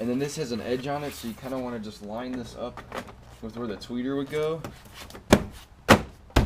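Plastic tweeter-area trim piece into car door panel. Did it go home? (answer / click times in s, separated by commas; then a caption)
yes / 6.4 s. A plastic trim piece with an edge is lined up with the tweeter opening on a Ford Focus car door panel while someone talks. After a few sharp knocks at 5.3 and 5.9 seconds, it is pushed in and snaps into place with a crisp click at 6.4 seconds.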